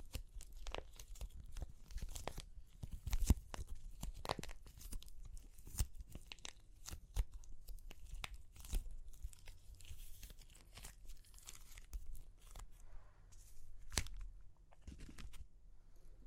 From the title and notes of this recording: Super Crunchy Clay Cracking (No Talking).